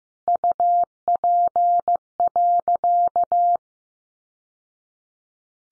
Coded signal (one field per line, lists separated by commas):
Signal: Morse code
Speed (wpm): 15 wpm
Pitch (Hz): 700 Hz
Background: none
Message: UP.